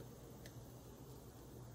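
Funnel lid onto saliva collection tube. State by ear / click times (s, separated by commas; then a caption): not seated / none. The plastic funnel lid of a saliva collection tube is handled as it is pushed down onto the tube, with a brief faint tick at about 0.5 s over a steady low background hum. The lid has not snapped shut or seated yet.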